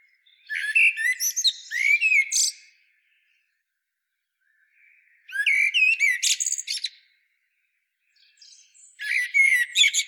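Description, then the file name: Common blackbird: three bursts of whistles breaking into high, squeaky twittering, separated by a few seconds of silence. "Turdus merula"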